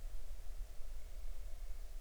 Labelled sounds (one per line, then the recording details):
bird
wind
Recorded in the Arctic National Wildlife Refuge, Alaska, on 20 July 2019 at 03:21
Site 38